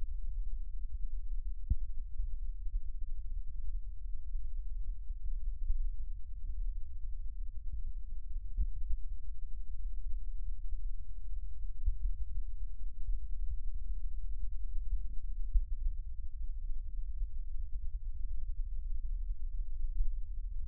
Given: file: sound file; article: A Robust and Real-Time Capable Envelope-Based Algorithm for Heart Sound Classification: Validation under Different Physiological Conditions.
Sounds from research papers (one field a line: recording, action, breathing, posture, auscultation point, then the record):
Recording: heart sounds by electronic stethoscope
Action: rest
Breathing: normal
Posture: sitting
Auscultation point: centre of the back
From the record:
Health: healthy, no known heart disease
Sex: male